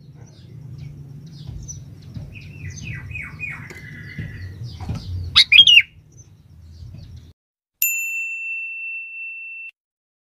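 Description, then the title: Sooty-headed bulbul giving soft chirps over a low hum, then a short loud burst of notes, followed after a pause by a clear, sustained electronic tone. "Kutilang"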